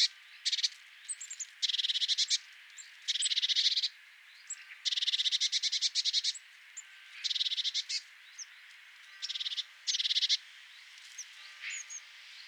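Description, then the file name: Eurasian blue tit scolding: buzzy, rattling churr bursts repeated again and again with brief gaps, broken by thin, high, slurred call notes. "Cyanistes caeruleus"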